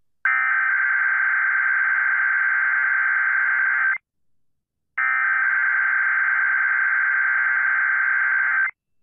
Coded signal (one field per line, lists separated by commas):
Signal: Emergency Alert System (SAME) tones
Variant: header bursts